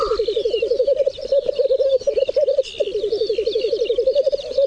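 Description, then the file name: Black grouse rolling bubbling song, steady throbbing pulses almost without a break, plus faint higher twittering from other birds. "cietrzew"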